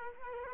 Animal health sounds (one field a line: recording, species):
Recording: mosquito wingbeat signal from an infrared sensor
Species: Culex quinquefasciatus